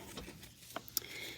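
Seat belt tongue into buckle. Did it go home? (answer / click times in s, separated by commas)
yes / 1.0 s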